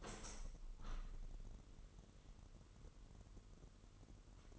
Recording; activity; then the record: daily activity, microphone in the room; open window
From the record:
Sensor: 4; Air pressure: 998.9 hPa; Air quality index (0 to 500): 128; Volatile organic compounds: 2 ppm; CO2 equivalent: 1254 ppm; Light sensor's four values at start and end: 8/20/8/8 and 8/20/8/8